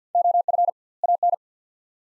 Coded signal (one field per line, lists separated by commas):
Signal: Morse code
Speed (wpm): 50 wpm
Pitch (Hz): 700 Hz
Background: none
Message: OF AN